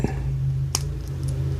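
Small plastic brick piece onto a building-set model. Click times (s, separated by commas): 0.8 s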